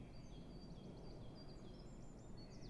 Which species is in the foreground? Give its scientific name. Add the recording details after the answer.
Parus major. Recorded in Germany. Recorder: ecoPi